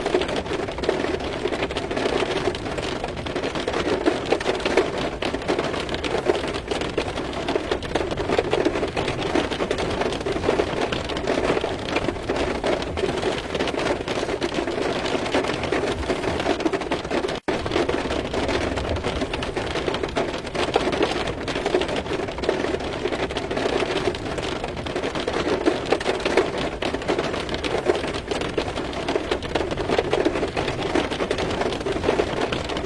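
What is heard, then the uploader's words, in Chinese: Rain patters on a car's windows, heard from inside the car as a dense, steady rattle of drops with no letup. The sound sits mostly in the middle range, enclosed, with a brief near-silent dropout around seventeen seconds. 在车内沉浸听雨声。夜间。听雨打在车窗上的声音。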